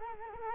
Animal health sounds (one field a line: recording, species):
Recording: mosquito wingbeat signal from an infrared sensor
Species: Culex quinquefasciatus